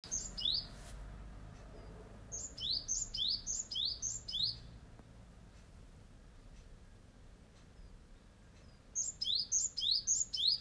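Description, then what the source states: Bird singing short bursts of high, rapidly repeated sweeping notes, with a long quiet gap before the phrase returns. Small bird perched on a cherry tree at home in Japan, singing during the COVID-19 stay-at-home period.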